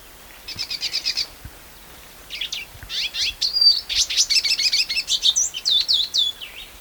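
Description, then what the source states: Lesser Goldfinch song: a short chattering trill, a pause, then a continuous jumble of quick high twitters and sliding whistled notes. Long, jumbled song with call notes mixed in.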